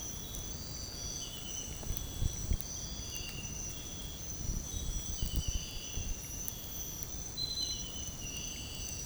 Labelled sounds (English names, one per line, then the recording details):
none
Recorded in dense forest near Puerto Asís, Putumayo, Colombia, on 29 June 2025 at 05:30
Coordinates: 0.503, -76.323
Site G059